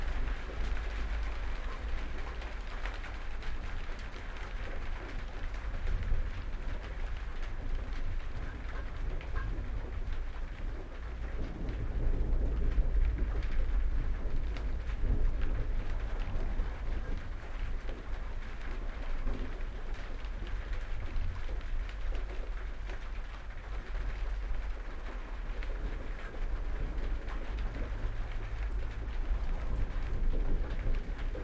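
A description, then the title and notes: A thunderstorm recorded in a shed in Somercotes, Derbyshire: steady, dense rain patter fills the whole clip with little change in level. A deep low rumble runs underneath throughout, swelling slightly around the middle and again near the end. Thunderstorm. Recorded in my shed. Somercotes, Derbyshire.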